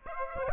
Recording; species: mosquito wingbeat signal from an infrared sensor; Aedes aegypti